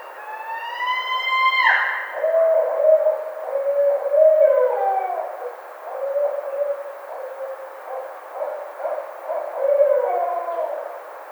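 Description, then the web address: Barred Owl calling: a drawn-out wail that rises then drops sharply, followed by a run of low, throaty hoots and gurgling notes over the next nine seconds. Recorded on 22 May 2009. "Barred Owl 2009 05 22"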